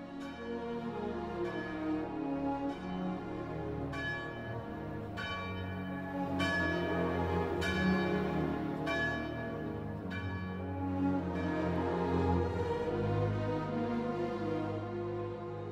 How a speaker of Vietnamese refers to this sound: Sau lưng anh, một hồi chuông nhà thờ vừa cất lên, nhắc nhở giáo dân đã đến lúc tụ tập đọc kinh chiều.